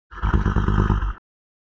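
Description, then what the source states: Horse giving a low, rough, pulsing grunt-nicker, about one second long, with rapid throbbing beats and no other sounds. Stallion grunting and nickering.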